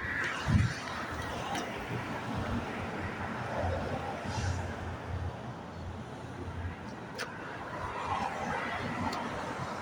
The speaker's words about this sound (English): Here comes the bus.